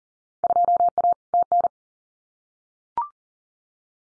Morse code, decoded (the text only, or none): 2A TN